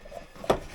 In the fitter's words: will click in there we go